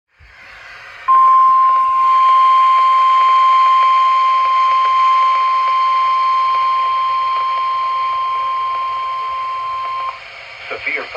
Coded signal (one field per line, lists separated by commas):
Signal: Emergency Alert System (SAME) tones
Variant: 1050 Hz attention tone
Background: speech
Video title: EAS#410 Severe Thunderstorm Watch KIH46